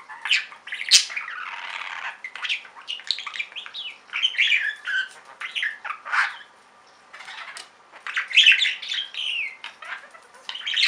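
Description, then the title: Budgerigar chatter with squawks, chirps and warbled phrases in bursts, one short quiet gap midway. "Budgie Sounds"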